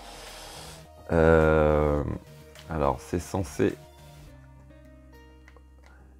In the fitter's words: venir se clipser ça a un peu de mal donc au pire je vais le coller si ça va pas